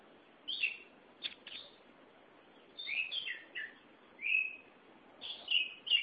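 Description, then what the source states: Oriental magpie-robin song of varied whistles and buzzy slurs in short clusters, separated by quiet gaps. Chirping song (kicauan) of the bird.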